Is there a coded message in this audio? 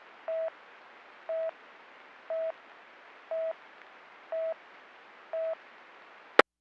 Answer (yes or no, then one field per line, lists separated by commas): no